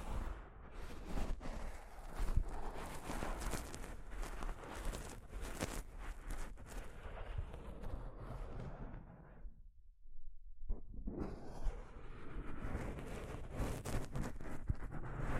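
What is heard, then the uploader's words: A microphone is brushed with soft fabric, making a dense, continuous scraping rustle with rough low thumps and frequent irregular scuffs. Near the tenth second the rubbing stops for about a second, leaving only a muffled low rumble, then resumes as steady as before. ASMR Mic Brushing using Soft Fabric (No Talking).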